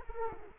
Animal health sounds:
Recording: mosquito wingbeat signal from an infrared sensor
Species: Culex quinquefasciatus

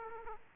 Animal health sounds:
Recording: mosquito wingbeat signal from an infrared sensor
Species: Aedes aegypti

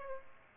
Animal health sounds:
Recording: mosquito wingbeat signal from an infrared sensor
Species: Aedes aegypti

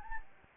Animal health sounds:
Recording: mosquito wingbeat signal from an infrared sensor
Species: Anopheles gambiae

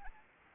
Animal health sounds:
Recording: mosquito wingbeat signal from an infrared sensor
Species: Anopheles arabiensis

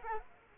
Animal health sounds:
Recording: mosquito wingbeat signal from an infrared sensor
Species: Culex quinquefasciatus

